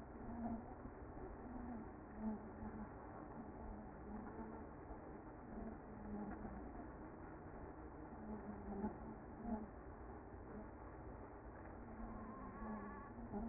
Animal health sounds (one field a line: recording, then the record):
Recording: honeybee colony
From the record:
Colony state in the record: active